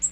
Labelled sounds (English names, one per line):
Yellow-rumped Warbler flight call